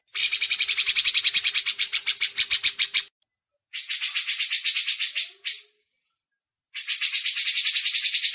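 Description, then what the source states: Grey-cheeked bulbul chattering in fast rhythmic pulses, a gap, a shorter run followed by a brief extra burst, then chattering resumes. Masteran recording.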